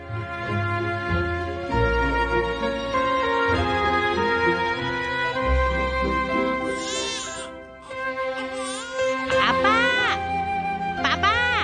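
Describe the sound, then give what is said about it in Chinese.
A hungry baby cries in high, wavering wails, two loud bursts in the second half, rising and falling in pitch over a steady layer of sustained background tones. “做乜 B B 成日喊噶？”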